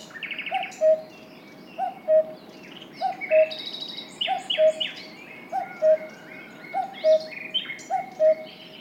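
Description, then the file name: Cuckoo giving rhythmic low cu-ckoo calls about every 1.2 seconds, two falling notes each, with bright trills and chirps from other birds. "minutes of cuckoos"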